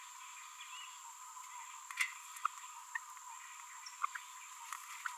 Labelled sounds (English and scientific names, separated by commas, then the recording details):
Green-rumped Parrotlet (Forpus passerinus) babbling
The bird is a female
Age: 27 days
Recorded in a nest box in Venezuela
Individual 17B42B3